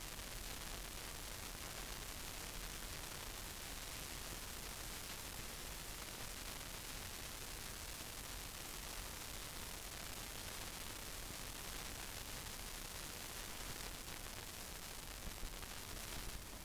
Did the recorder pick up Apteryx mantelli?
no